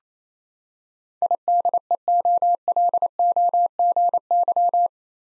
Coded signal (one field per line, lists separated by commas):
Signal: Morse code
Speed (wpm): 28 wpm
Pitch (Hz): 700 Hz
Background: none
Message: IDEOLOGY